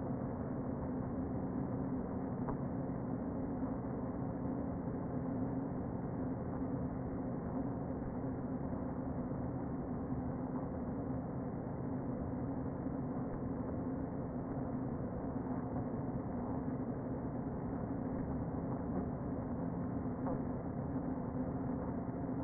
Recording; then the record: honeybee colony, microphone inside the hive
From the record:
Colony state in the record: queen present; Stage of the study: before two queens were removed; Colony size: about 60,000 bees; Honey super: yes